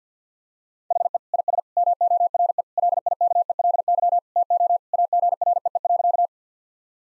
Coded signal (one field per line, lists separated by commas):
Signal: Morse code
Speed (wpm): 50 wpm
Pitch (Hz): 700 Hz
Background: none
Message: HE IS MORE LIKELY TO AGREE.